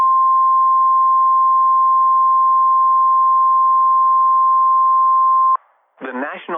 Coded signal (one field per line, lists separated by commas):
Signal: Emergency Alert System (SAME) tones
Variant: 1050 Hz attention tone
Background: speech